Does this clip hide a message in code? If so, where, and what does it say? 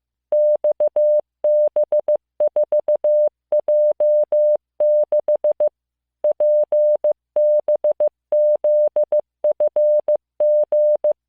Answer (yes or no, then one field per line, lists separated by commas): yes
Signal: Morse code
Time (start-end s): 0.3-11.1 s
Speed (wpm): 15 wpm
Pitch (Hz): 600 Hz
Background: none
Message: XB4J6 PBZFG